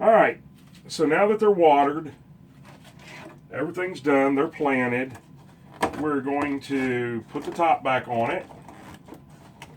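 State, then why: Not seated. Someone talks while a clear plastic humidity dome lid is put back onto a planted, watered seed-starting tray, with a few faint knocks near the end. The lid fails to snap on and may just be lying on the tray, so nothing has seated or clicked yet.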